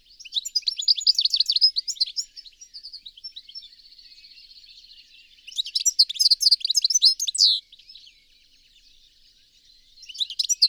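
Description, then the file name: European goldfinch twittering: bursts of rapid, liquid tinkling notes, then a long thin buzzy trill, then another lively twittering burst and a brief final flurry. "Carduelis carduelis"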